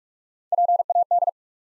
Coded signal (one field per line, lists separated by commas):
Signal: Morse code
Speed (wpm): 44 wpm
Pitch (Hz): 700 Hz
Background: none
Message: P A D